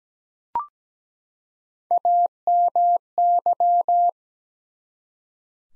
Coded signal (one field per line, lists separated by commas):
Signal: Morse code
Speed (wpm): 17 wpm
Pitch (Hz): 700 Hz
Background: none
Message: AMY